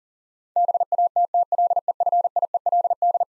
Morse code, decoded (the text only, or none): BATTLEFIELD